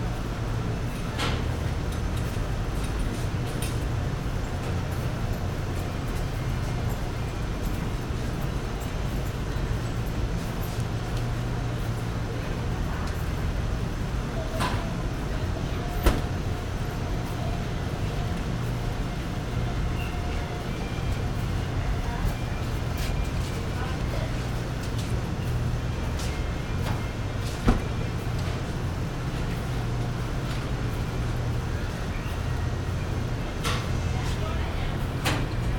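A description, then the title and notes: Washing machines in a laundromat keep up a steady, low hum, dense and unchanging, with a faint rumbling pulse underneath. Light clicks and knocks break through now and then, sharpest near sixteen and twenty-seven seconds, against a soft muffled wash of background noise. The soothing ambiance of a laundromat. The episode begins with the gentle hum of multiple washing machines in their cycle, creating a symphony of steady, low vibrations. The soft swoosh of clothes tumbling in dryers adds a textural layer to the soundscape.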